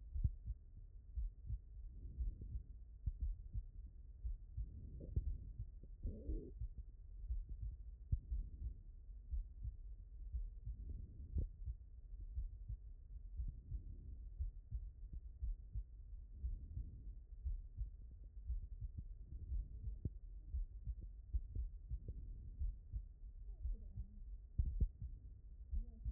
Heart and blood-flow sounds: heart sounds by stethoscope; aortic valve (AV)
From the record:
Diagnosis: non-HFrEF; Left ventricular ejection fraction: 51%

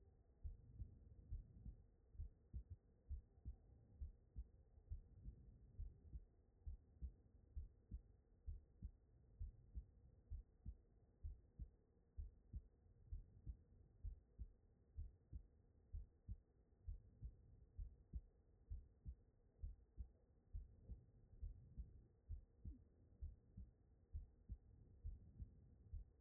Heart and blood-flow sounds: heart sounds by stethoscope; aortic valve (AV)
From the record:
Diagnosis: non-HFrEF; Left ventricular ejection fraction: 58%

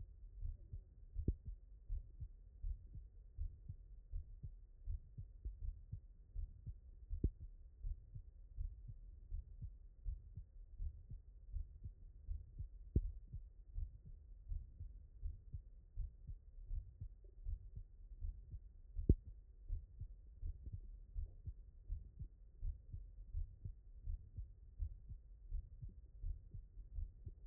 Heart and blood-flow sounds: heart sounds by stethoscope; tricuspid valve (TV)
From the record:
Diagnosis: HFrEF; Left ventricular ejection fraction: 39%

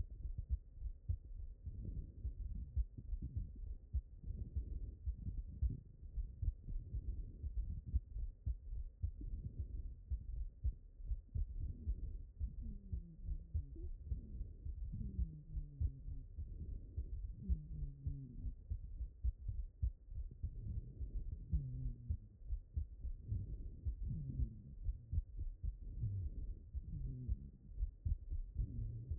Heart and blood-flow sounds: heart sounds by stethoscope; mitral valve (MV)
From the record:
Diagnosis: non-HFrEF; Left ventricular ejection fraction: 43%

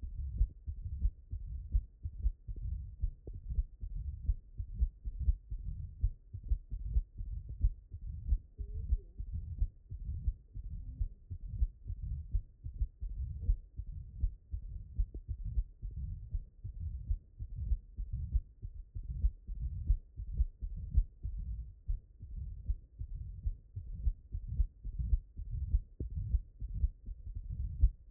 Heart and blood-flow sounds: heart sounds by stethoscope; mitral valve (MV)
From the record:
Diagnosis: non-HFrEF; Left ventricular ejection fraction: 50%

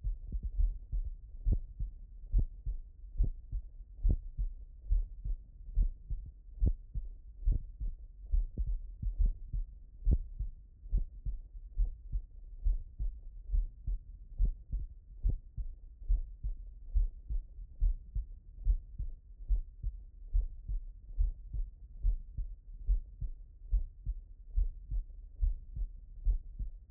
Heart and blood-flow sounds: heart sounds by stethoscope; pulmonary valve (PV)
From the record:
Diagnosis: non-HFrEF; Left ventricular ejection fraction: 71%

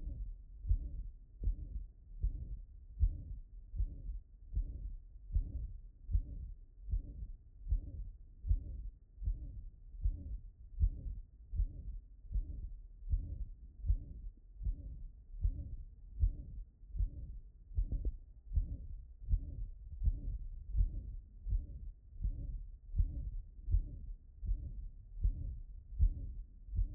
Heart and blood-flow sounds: heart sounds by stethoscope; pulmonary valve (PV)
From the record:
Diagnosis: non-HFrEF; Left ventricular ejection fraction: 61%

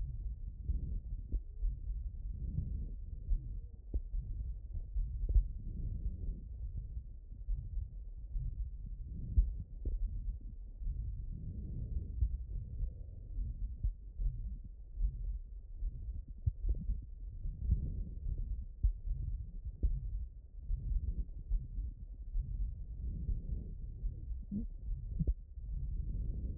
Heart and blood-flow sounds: heart sounds by stethoscope; aortic valve (AV)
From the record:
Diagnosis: non-HFrEF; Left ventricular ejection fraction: 69%

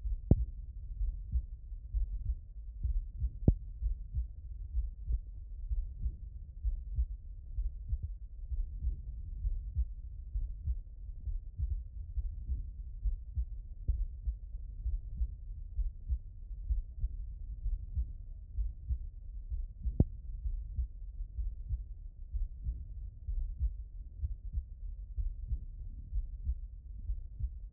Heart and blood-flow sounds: heart sounds by stethoscope; aortic valve (AV)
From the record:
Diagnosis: HFrEF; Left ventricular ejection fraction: 37%

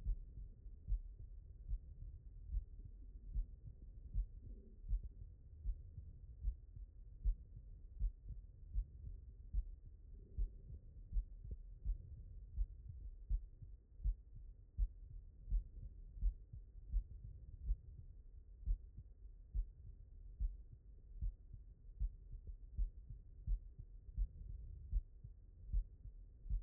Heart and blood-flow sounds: heart sounds by stethoscope; mitral valve (MV)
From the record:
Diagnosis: non-HFrEF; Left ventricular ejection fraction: 67%

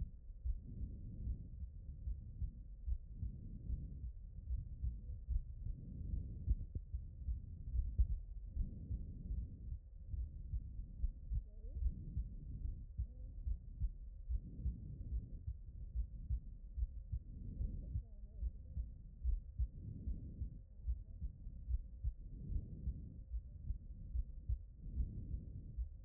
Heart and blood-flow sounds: heart sounds by stethoscope; pulmonary valve (PV)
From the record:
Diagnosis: non-HFrEF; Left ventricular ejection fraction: 56%

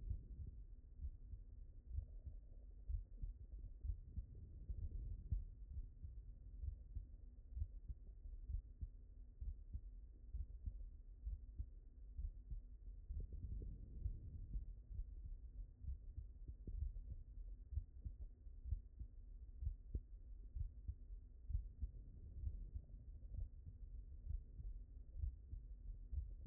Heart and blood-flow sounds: heart sounds by stethoscope; mitral valve (MV)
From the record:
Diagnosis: non-HFrEF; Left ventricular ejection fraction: 70%

